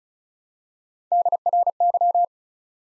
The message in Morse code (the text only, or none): DRY